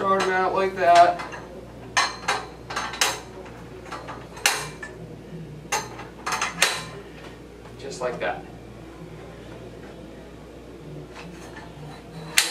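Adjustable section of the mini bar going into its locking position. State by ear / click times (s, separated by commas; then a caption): seated / 12.4 s. Someone talks while handling an adjustable section of a mini bar, with a series of sharp knocks and clatters as parts are pulled out and moved by hand. The section is pulled down by hand, and one side clicks into its locking position with a sharp click at 12.4 s, seating it.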